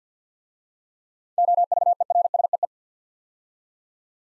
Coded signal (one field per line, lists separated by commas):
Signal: Morse code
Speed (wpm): 50 wpm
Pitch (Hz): 700 Hz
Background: none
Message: OVERSEE